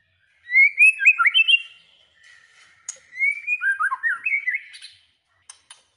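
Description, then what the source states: White-rumped shama song: two phrases of bright, warbling whistles, rising and tumbling, followed by a few sharp ticks. Lure recording of a vigorously singing (gacor) white-rumped shama, used to make other shamas respond and sing straight away.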